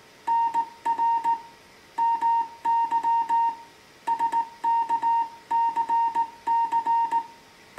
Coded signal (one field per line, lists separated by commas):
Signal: Morse code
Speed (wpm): 17 wpm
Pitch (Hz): 920 Hz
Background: music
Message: NR MY SKCC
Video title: Morse Code QSO using an old Heathkit HW-101 Transceiver